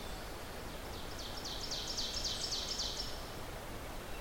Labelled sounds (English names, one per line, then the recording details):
Ovenbird song
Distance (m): 75 m
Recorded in boreal forest in Alberta, Canada, on 14 June 2016 at 05:35
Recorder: SongMeter 3, array SBT-3-33
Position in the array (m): 118 m, 23 m
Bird 21